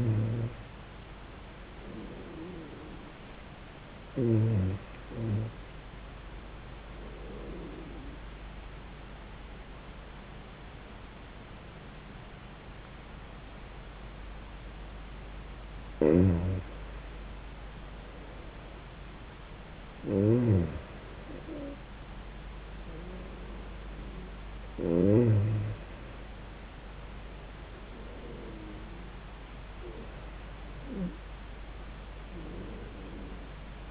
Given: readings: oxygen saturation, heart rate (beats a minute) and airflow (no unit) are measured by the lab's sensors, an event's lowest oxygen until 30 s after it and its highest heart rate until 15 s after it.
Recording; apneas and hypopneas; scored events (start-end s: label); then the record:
breathing in sleep by a voice recorder at the bedside; none
none scored
From the record:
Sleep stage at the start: N1 (lightest sleep); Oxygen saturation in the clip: 92 to 94%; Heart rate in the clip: 83 to 89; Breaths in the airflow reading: 6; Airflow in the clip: -13.1 to 17.3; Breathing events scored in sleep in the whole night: 400 in 8.7 hours asleep